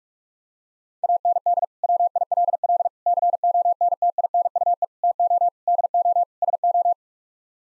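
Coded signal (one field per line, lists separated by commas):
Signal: Morse code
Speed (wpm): 47 wpm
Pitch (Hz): 700 Hz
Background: none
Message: AND WILL CONTINUE TO DO SO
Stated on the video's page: Morse practice sets of six-word phrases at 45 wpm; each set sent, then spoken, then sent again for head-copy practice.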